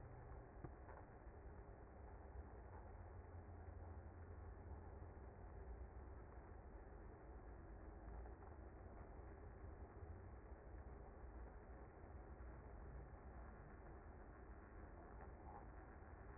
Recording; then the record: honeybee colony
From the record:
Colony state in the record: active